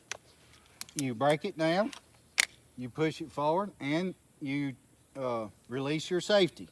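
A detachable box magazine for a bolt-action hunting rifle is pushed into the rifle's magazine well until it latches, with a sharp click at 0.1 s and another brief sharp hit at 0.8 s. Someone talks through the rest of the clip, and the magazine is seated.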